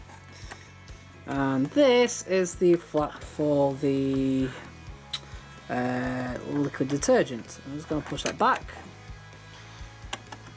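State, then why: Seated. The plastic liquid-detergent flap is pushed back into the detergent drawer of a Gorenje WA65205 2000rpm, 6kg washing machine with an electric door, electric drawer and touch screen while someone talks over background music. A sharp click at 10.1 s shows the flap seating into place.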